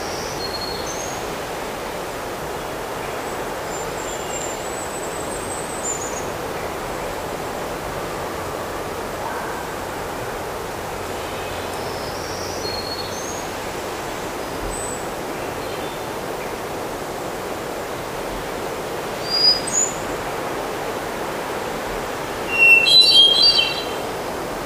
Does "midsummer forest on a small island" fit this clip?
yes